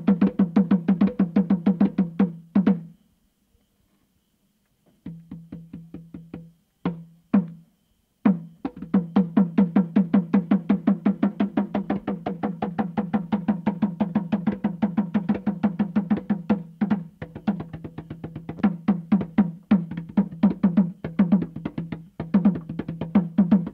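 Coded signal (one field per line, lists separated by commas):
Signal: talking drum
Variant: Saramaka apinti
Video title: Apínti: Talking drum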